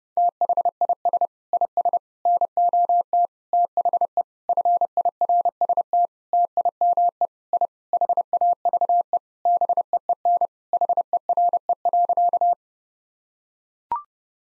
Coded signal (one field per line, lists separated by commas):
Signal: Morse code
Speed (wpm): 30 wpm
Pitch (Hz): 700 Hz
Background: none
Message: THIS IS NOT THE FIRST TIME I HAVE BEEN HERE.